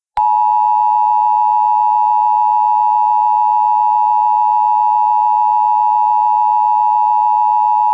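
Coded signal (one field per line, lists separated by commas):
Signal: Emergency Alert System (SAME) tones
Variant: 853 and 960 Hz attention tone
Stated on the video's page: Fictional scenario alert based on the film A Quiet Place Part II, a prediction of hypothetical alerts.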